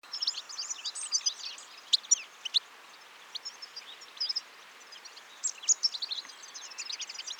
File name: Carduelis carduelis